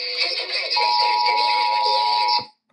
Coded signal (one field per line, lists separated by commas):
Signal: Emergency Alert System (SAME) tones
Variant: 853 and 960 Hz attention tone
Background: speech, music